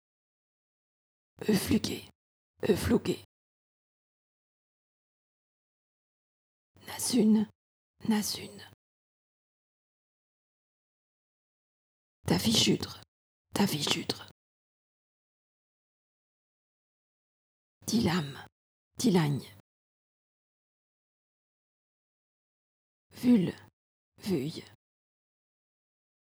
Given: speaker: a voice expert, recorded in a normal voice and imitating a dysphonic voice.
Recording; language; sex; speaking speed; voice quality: pseudo-word pairs; French; female; fast speed; dysphonic voice